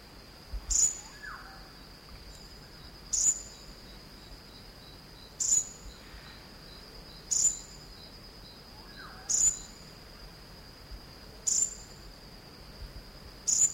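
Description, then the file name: Elegant sunbird calls: sharp, very high, brief notes repeated every couple of seconds, over a continuous thin whine and soft background noise. Call, recorded on Sangihe. "aethopyga duyvenbodei sangihe call"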